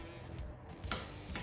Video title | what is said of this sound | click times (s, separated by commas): 2002 Honda CR250 Chain & Sprockets | and the torque wrench clicks | 0.9 s